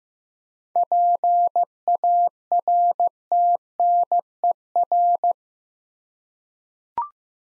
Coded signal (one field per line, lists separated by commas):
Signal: Morse code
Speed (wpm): 15 wpm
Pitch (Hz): 700 Hz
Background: none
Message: PARTNER